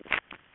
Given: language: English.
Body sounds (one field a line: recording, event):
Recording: throat vibration sensor signal played as sound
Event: swallow